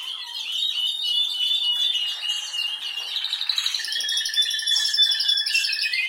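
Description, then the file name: Canary song: a long, continuous high warble of rapid twittering notes, shifting midway into buzzy rattling trills and a steady whistled tone. "Canary Voice"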